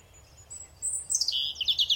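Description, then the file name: European robin song starting with thin high whistles that swell into a rapid, descending jumble of bright trilled notes. "Erithacus rubecula"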